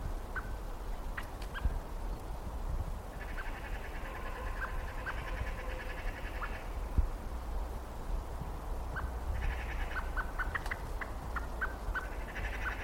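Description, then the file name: Common blackbird calls: scattered sharp clucks plus several bursts of fast chattering rattle, the first lasting about three seconds, all over a constant low rumbling noise. "Turdus merula"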